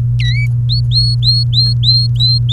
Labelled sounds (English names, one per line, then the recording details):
Domestic Canary song
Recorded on 28 April 2018 at 17:08
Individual llb3